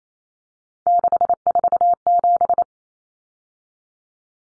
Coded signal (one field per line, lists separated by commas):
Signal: Morse code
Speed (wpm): 28 wpm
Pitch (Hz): 700 Hz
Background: none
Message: 647